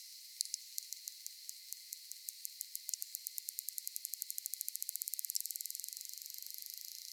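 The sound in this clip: Cuvier's beaked whale echolocation clicks, sharp high-pitched ticks that start slow and steadily speed up into a rapid, near-continuous train over several seconds, with a steady hiss beneath.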